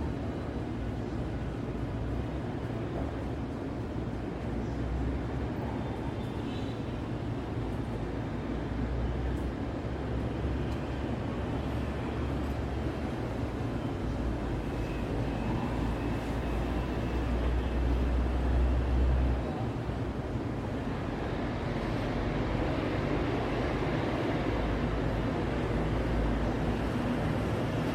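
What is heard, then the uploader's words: Steady, dense city traffic rumble with low engine drone, swelling around seventeen seconds and growing slightly louder and brighter after twenty. Open Window New York City Soundscape at Night. Midtown Manhattan City Sounds. City soundscape of Midtown New York City in binaural audio. This is a view of 33rd street from my hotel room in the evening. The audio is not looped and recorded on location.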